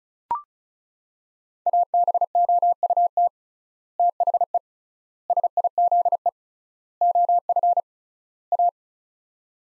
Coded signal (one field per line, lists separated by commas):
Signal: Morse code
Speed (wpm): 36 wpm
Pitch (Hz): 700 Hz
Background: none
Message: ABOUT THE SIZE OF A